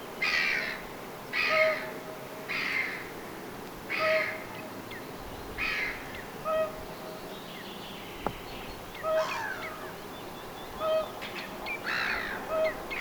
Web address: paivat 27 6 2025 laulujoutsenen kuup tai puup aania 3 pitkasti